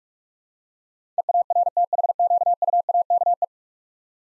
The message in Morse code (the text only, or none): EARTHQUAKE